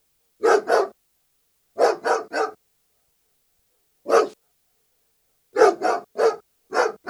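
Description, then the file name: German Shepherd barking in short bursts of one to a few barks, separated by pauses of up to about two seconds, against silence. "Het blaffen van een Duitse herder - Sound Cloud - Beeld en Geluid"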